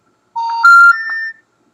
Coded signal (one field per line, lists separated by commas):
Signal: telephone call progress tone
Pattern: special information tone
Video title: Live: Repairing a destroyed modem